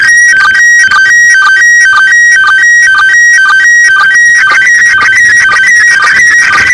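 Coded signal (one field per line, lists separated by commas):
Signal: SSTV (slow-scan television)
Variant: PD 120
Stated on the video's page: ARISS SSTV from the space station received on the beach.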